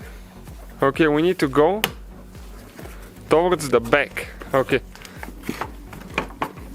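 A headlight assembly on a 2011–2016 Hyundai Elantra is pushed back into its mounting in the front of the car body while someone talks. A series of short knocks follows, with clicks at 6.2 s and 6.4 s. The assembly is still not fully seated on one side.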